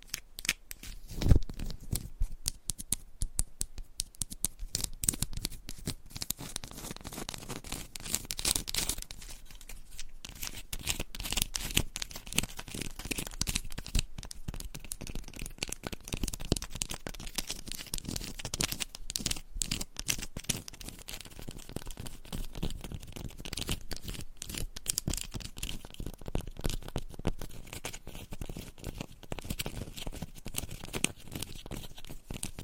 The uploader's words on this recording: ASMR Candle Scratching and Tapping Textured Candles - Asmr No Talking for Sleep with Long Nails.